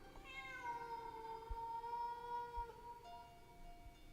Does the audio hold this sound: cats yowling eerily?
yes